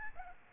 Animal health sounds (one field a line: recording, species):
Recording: mosquito wingbeat signal from an infrared sensor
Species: Aedes albopictus